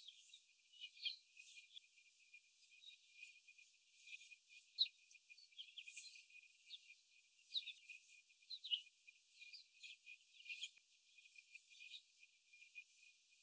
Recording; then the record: young laying hens in a cage, short pieces joined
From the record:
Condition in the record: before the stressor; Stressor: simulated dog barking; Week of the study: 4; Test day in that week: 1